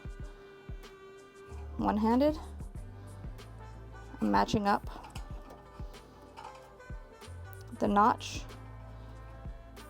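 On an Echelon Stride 10 treadmill, a treadmill assembly part is held one-handed and its notch is lined up before it slides under the retaining clip on the treadmill frame. Someone talks over background music, with a brief soft tick near 5.2 s. Nothing has seated or clicked yet.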